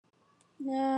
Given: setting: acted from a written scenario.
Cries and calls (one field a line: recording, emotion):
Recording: vocal sound without words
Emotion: neutral